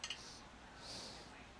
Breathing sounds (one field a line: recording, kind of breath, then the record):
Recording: one breath in and out by a microphone near the nose and mouth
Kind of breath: normal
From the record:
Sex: male